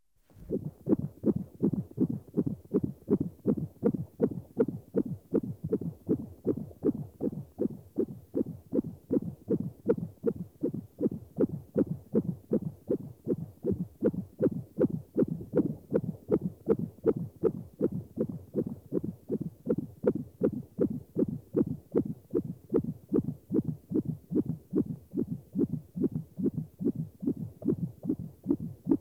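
Rapid, regular whooshing pulses at about 155 to 160 a minute, with a swishing Doppler quality and steady hiss behind. A fetal heartbeat, at a rate within the usual fetal range.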